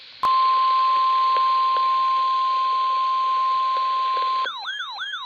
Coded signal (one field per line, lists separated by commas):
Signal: Emergency Alert System (SAME) tones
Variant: 1050 Hz attention tone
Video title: EAS Alerts From 7/5/26: A Compilation (EAS 1246-1255)